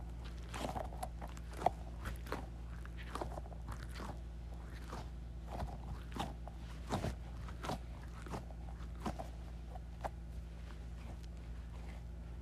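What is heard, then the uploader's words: A squishy ball is squeezed over and over, each squeeze making a short, soft squelching crackle. The squeezes come irregularly, roughly one or two per second across the whole stretch, over a steady low hum that never changes. Squeezing Squishy Ball.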